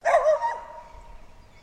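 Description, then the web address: Border collie bark, loud at first and then trailing off in a lingering echo. Domestic Border collie barking in the distance. "Sound Effects-Foundation 1 ANIMAL DOG BORDER COLLIE BARK DISTANT"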